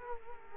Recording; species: mosquito wingbeat signal from an infrared sensor; Culex quinquefasciatus